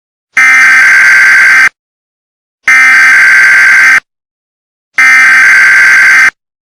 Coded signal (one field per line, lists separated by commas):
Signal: Emergency Alert System (SAME) tones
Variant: header bursts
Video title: EMERGENCY ALERT SYSTEM.MP4 (Analog horror)